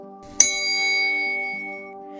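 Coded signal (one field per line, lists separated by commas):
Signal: bell signal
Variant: railway block bell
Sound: a single clear bell strike ringing with sustained harmonic tones for about two seconds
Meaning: Single beat acknowledges the call attention signal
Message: 1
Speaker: the vistor andleman is there and replies to the single Bell by his own single beat [Music] acknowledgement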